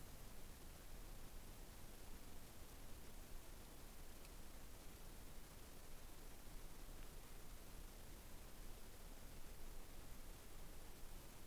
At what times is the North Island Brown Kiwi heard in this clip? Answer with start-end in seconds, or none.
none